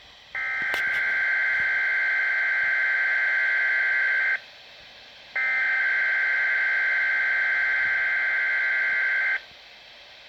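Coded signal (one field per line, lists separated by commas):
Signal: Emergency Alert System (SAME) tones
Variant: header bursts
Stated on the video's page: Compilation of alerts from a Canadian weather radio system, possibly including invalid tones.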